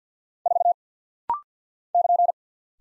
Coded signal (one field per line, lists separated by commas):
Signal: Morse code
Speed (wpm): 50 wpm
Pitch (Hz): 700 Hz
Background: none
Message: 4 <KN>